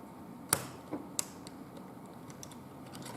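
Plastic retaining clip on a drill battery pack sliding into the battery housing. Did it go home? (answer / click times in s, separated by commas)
no / none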